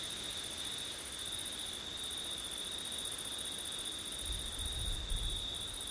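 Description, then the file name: Crickets keep up an unbroken high trill with brief gaps in the top band; a gust of low wind rumbles near the end. Crickets recorded on a September night with wind. "crickets wind september night ortif"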